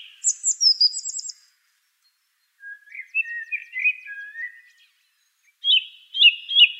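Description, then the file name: Song thrush song: high trilled phrases near the top of the range, a pause of over a second, then lower warbled notes and a final pair of bright repeated phrases. "suara-kicauan-burung-song-thrush -omkicau"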